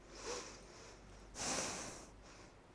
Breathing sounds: one breath in and out by a microphone near the nose and mouth; deep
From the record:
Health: marked as sick, illness not named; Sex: female

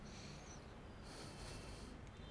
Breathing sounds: one breath in and out by a microphone near the nose and mouth; deep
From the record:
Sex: male

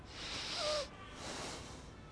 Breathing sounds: one breath in and out by a microphone near the nose and mouth; deep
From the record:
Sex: male

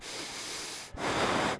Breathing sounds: one breath in and out by a microphone near the nose and mouth; strong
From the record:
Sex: male

